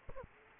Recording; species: mosquito wingbeat signal from an infrared sensor; Aedes aegypti